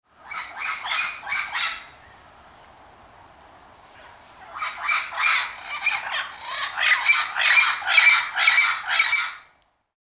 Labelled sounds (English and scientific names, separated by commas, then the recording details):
Turquoise-fronted Amazon (Amazona aestiva)
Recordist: Tembrock, Günter
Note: verschiedene Lautformen